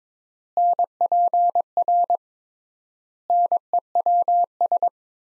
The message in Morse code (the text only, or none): NPR NEWS